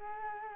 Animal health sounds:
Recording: mosquito wingbeat signal from an infrared sensor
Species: Culex quinquefasciatus

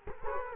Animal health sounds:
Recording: mosquito wingbeat signal from an infrared sensor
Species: Culex quinquefasciatus

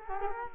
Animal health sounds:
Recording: mosquito wingbeat signal from an infrared sensor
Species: Culex quinquefasciatus

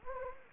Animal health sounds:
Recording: mosquito wingbeat signal from an infrared sensor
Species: Anopheles gambiae

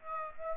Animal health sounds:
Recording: mosquito wingbeat signal from an infrared sensor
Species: Aedes aegypti

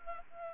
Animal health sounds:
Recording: mosquito wingbeat signal from an infrared sensor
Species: Anopheles gambiae

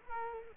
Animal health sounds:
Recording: mosquito wingbeat signal from an infrared sensor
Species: Culex quinquefasciatus

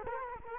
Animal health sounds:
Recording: mosquito wingbeat signal from an infrared sensor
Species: Culex quinquefasciatus

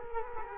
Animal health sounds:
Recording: mosquito wingbeat signal from an infrared sensor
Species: Culex quinquefasciatus

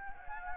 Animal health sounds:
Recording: mosquito wingbeat signal from an infrared sensor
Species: Anopheles gambiae

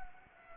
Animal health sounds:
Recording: mosquito wingbeat signal from an infrared sensor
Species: Anopheles gambiae

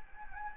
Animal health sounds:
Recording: mosquito wingbeat signal from an infrared sensor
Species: Anopheles gambiae

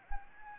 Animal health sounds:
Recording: mosquito wingbeat signal from an infrared sensor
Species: Anopheles gambiae

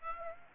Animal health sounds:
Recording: mosquito wingbeat signal from an infrared sensor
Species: Aedes aegypti

